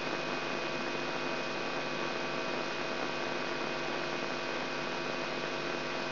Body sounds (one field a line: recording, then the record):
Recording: brain microelectrode recording played as sound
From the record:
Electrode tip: outside the subthalamic nucleus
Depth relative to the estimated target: -8 mm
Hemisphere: right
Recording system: AlphaMap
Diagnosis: Parkinson's disease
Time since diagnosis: 16 years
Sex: male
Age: 67 years